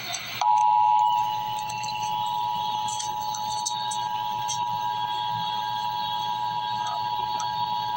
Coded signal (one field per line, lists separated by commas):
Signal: Emergency Alert System (SAME) tones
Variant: 853 and 960 Hz attention tone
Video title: Emergency Alert System.- Flood Advisory - Jul 4, 2024 at 7:41 PM EDT